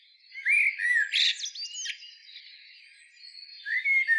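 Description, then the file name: Eurasian blackbird giving mellow whistled notes, a scratchy high burst, then a pause before another soft fluting phrase. "Turdus merula"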